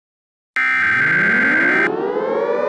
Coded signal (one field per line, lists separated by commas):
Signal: Emergency Alert System (SAME) tones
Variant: header bursts